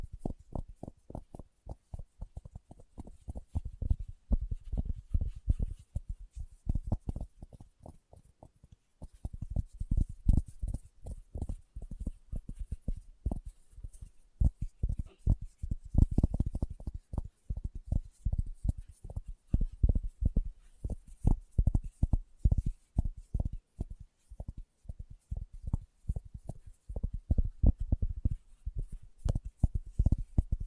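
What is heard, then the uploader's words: Fingertips tap in quick, dense bursts, each tap a short low thump with a soft knock above it. The rhythm is irregular and busy throughout, pausing briefly around nine seconds. A faint airy hiss sits high in the background. ASMR Tapping with Fingertips (No Talking).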